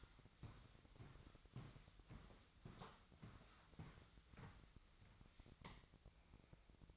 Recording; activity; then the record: daily activity, microphone in the room; walk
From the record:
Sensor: 3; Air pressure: 1001.7 hPa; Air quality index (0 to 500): 229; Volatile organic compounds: 34 ppm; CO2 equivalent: 3042 ppm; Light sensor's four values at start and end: 13/38/16/14 and 13/39/17/14